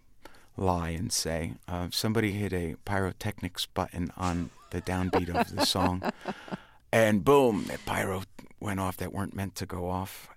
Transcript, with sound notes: lie and say - somebody hit a pyrotechnics button on the downbeat of the song...
(Laughter).
....And boom. It - pyro went off that weren't meant to go off.